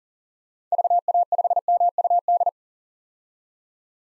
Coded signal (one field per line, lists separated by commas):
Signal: Morse code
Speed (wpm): 40 wpm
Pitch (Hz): 700 Hz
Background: none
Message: VA5MUD